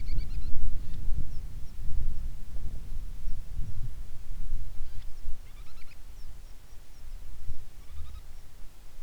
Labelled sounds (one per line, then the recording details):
bird
wind
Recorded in the Prudhoe Bay oil fields, Alaska, on 10 July 2019 at 09:57
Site 11